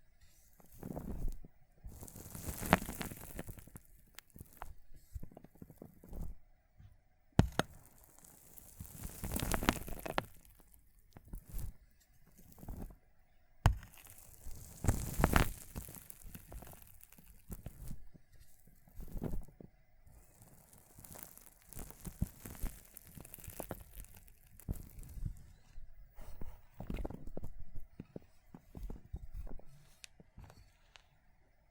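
Water beads are crushed and squished in irregular bursts of wet crackling and popping, with short quiet gaps and a few louder squelches throughout.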